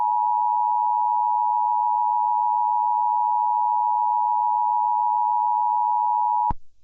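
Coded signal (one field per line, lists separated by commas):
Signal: Emergency Alert System (SAME) tones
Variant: 853 and 960 Hz attention tone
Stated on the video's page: Fictional EAS scenario using valid EAS tones, Persona 4 inspired.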